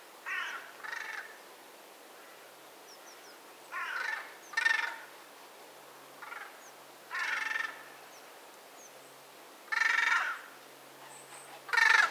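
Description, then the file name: Eurasian magpie uttering short bursts of harsh, rattling chatter at irregular intervals, with quiet gaps between. "Pica pica"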